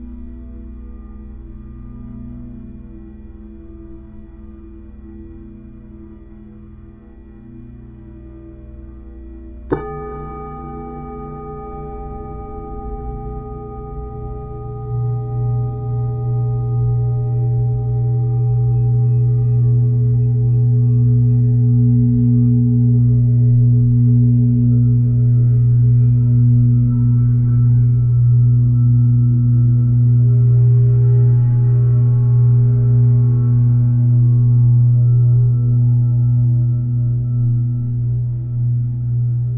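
Tibetan singing bowls resonate in long, sustained tones. A soft low hum opens, then at about ten seconds a bowl is struck, adding brighter ringing overtones. From fifteen seconds a deep rubbed tone swells and holds steady and strong to the end.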